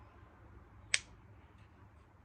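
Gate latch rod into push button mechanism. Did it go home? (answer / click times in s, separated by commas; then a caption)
yes / 0.9 s. The pronged end of a cut latch rod for a Lokklatch Deluxe double-gate latch is pushed fully into the hole of the plastic push button mechanism. A single sharp, bright click sounds at 0.9 s against a faint low hum. The rod clicks home and is seated.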